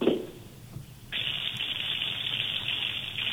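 A kitchen tap in a home in Chalkida, Greece, is turned on after a brief quieter moment so the water meter can be checked, and water gushes out in a steady, bright hiss that holds at an even level to the end.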